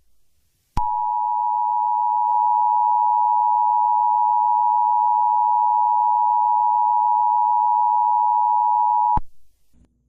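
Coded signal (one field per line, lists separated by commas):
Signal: Emergency Alert System (SAME) tones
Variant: 853 and 960 Hz attention tone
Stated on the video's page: Fictional EAS scenario, simulated.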